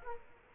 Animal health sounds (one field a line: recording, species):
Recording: mosquito wingbeat signal from an infrared sensor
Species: Culex quinquefasciatus